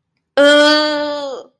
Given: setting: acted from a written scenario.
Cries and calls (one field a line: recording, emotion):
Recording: vocal sound without words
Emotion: anger